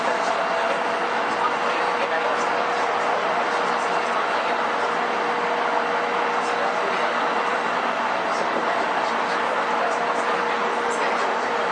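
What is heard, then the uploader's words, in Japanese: A JR East 231 series train rolls along with a steady, dense rushing hiss and a faint sustained tone, unchanging throughout. JRE231系 伊東〜横浜。区間は伊東線→東海道線です。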